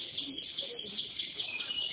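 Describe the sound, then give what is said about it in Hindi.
Birds chirp and tweet in a steady, overlapping chorus of high, thin calls, fairly soft and continuing throughout, with no voices. “जैसे प्रकृति बुलाती सुनते इन पक्षियों को, ऐसे परमात्मा भी बुलाता संतों से।”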